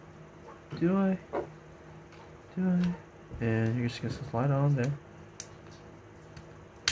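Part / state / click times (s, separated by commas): plastic cockpit/vehicle module onto combining toy robot / seated / 6.9 s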